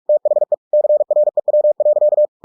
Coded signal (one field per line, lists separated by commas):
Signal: Morse code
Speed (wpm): 46 wpm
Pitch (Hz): 600 Hz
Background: none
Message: THE CREW.